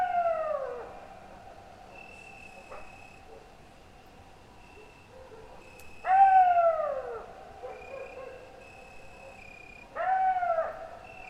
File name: Coyote Crickets Dogs In A Pine Forest Mid Night